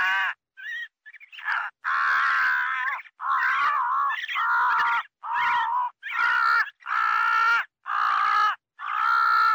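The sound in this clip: Crow cawing: a few short notes lead into a string of long, rasping caws repeated about every second.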